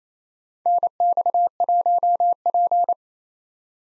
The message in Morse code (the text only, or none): NX1P